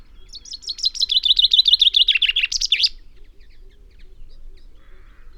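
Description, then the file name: Common chaffinch giving a single cascading song phrase of quick repeated notes dropping in pitch and ending with an emphatic flourish, then quiet. "Fringilla coelebs"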